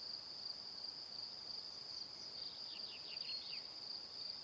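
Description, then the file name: High cricket chirps pulse steadily while a quick series of falling notes sounds in the second half. Evening. "Calm - Evening Crickets"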